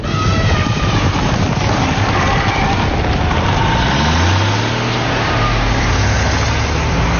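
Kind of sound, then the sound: vehicle, truck engine running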